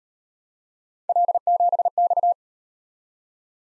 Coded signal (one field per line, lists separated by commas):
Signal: Morse code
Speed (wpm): 38 wpm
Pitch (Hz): 700 Hz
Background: none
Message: L7X